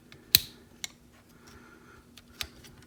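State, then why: Seated. A plastic side panel on the arm of a JuJiang JJ-02 Jet Commander transforming robot toy is moved until it tabs into place, with a sharp plastic click at 0.4 s. Two softer plastic ticks follow at about 0.8 s and 2.4 s over a faint steady hum. The panel is seated and tabbed into the arm.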